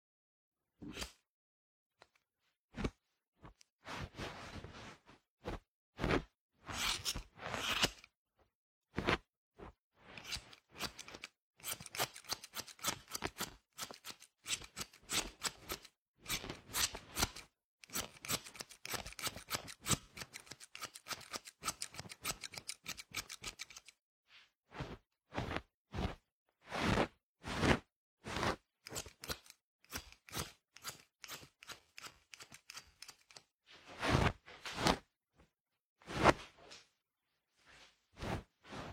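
Haircutting with scissors: sharp, bright snips repeat throughout, sometimes single and spaced, sometimes in quick bursts. Between about 8 and 24 seconds the cutting is dense and rapid with a soft rustle underneath, then thins into slower, louder individual snips toward the end.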